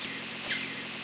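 Blackpoll warbler flight call: one very high, thin, short note, over faint steady background hiss.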